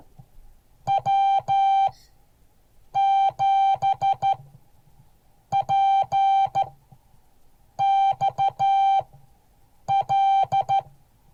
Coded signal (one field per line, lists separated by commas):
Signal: Morse code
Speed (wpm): 13 wpm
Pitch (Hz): 780 Hz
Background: none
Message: W7PXL